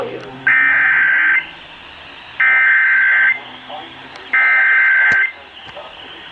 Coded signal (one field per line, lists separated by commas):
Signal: Emergency Alert System (SAME) tones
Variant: header bursts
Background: speech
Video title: [EAS #115-127] Absolute Chaos! Marine Madness of EAS alerts from 3/21/23!!